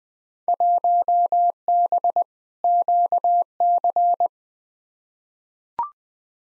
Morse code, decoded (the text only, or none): 1B QC